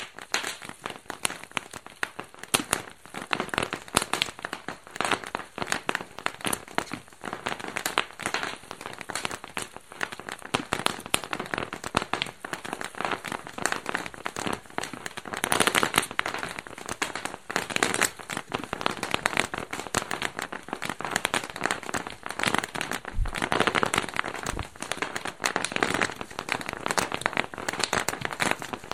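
Bubble wrap being popped in a rapid, uneven stream of sharp snaps and crackles that runs for the whole half minute. The pops come densely, in bursts with brief thinner stretches, bright and crisp, with a few louder clusters around the middle.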